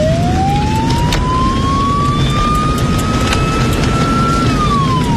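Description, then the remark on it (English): A police car siren wails in a night-time traffic jam, its single tone sweeping slowly upward, holding high, then dropping near the end, over a loud, steady rumble of engine and road noise. No one speaks. “It's time to use the siren, I think.”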